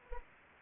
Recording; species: mosquito wingbeat signal from an infrared sensor; Anopheles arabiensis